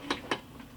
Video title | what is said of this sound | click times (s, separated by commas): greystone air hose reel review and install video a must have for any small garage | then it should lock you'll hear it click with | 0.1 s, 0.3 s